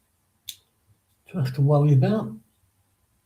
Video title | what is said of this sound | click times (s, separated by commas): Live Build Series of the Revell Type XXI U-Boat in 1:144 scale (part three) | It clicked in quite nicely without moving that internal section. | 0.5 s